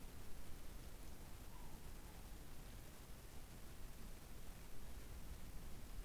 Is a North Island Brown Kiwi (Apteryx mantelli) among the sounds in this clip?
no